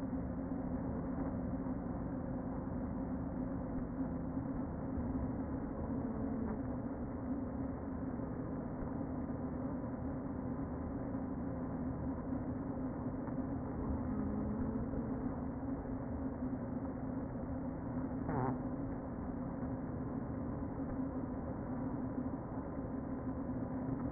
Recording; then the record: honeybee colony, microphone inside the hive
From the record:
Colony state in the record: queen present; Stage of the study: before two queens were removed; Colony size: about 60,000 bees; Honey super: yes